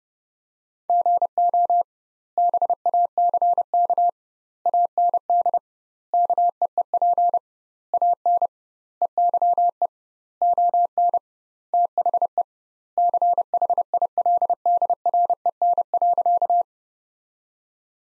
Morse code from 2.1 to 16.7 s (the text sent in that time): BACK AND KEEP AN EYE ON THE CHILDREN.